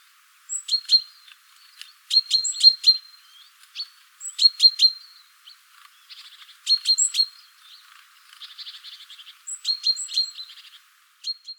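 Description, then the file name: Great tit calls: quick clusters of sharp clicking ticks with thin high whistles, repeated every second or two, and a brief softer buzzy rattle near the end. "Parus major"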